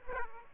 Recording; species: mosquito wingbeat signal from an infrared sensor; Aedes aegypti